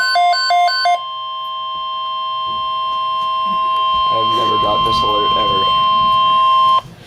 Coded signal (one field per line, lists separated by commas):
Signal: Emergency Alert System (SAME) tones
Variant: 1050 Hz attention tone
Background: speech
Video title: Flash Flood Watch [EAS #97] 7-20-12